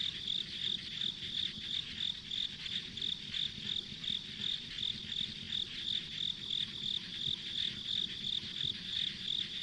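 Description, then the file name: Insects calling: bright, short high chirps repeated steadily about three per second, backed by a continuous insect drone and soft low rumble. Ambient insect sounds on a rural country road. "田舎道の虫の環境音"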